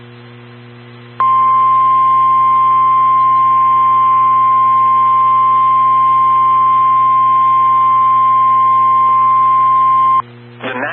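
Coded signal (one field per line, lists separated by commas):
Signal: Emergency Alert System (SAME) tones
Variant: 1050 Hz attention tone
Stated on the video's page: Valid EAS tones for a tornado warning for Cedar and Clinton counties, Iowa, from NWS Quad Cities.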